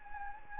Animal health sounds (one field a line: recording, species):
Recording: mosquito wingbeat signal from an infrared sensor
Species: Anopheles gambiae